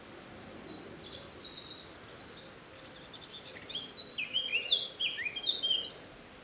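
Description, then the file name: Eurasian wren song: a continuous rush of very high, rapid chips and trills, with a dense, buzzy trill just after the first second, over faint background noise. "Troglodytes troglodytes"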